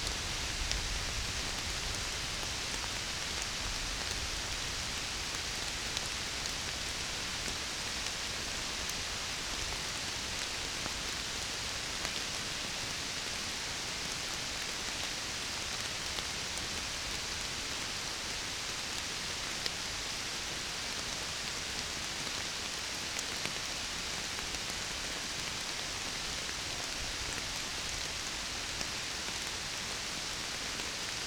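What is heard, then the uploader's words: Rain falls steadily on a forest during a summer storm, a dense, even hiss concentrated in the bright upper range with no letup across the half minute. Fine individual drop ticks scatter through it, and a faint low rumble sits underneath, mostly early on. A Summer Storm. A big storm rolled in over Tübingen one summer evening. Recorded in the forest on the hill above our place, just as the first rain hit.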